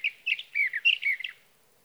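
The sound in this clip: Sage thrasher giving a short burst of quick warbled notes, some rising and some falling, which then fades to quiet.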